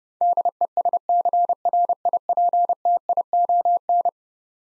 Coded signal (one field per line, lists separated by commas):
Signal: Morse code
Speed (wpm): 31 wpm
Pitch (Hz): 700 Hz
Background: none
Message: DESCRIPTION